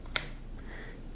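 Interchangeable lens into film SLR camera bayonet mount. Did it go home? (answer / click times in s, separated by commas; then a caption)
yes / 0.2 s. An interchangeable lens, lined up by its white index dot with the body's dot, is turned counter-clockwise on the bayonet mount of a Nikon N80 (F80) film SLR camera. A single sharp, bright click sounds at 0.2 s (0.16 s), followed by near silence. The lens is seated and locked on the mount.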